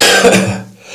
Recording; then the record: coughing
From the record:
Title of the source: Cough Around the Clock!